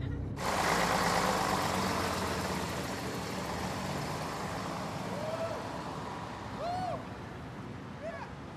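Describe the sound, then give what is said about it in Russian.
A bus engine rumbles steadily under a broad hiss of air as students board, with a few short high squeals from the brakes near the end. “Садитесь в автобус. В автобус все.”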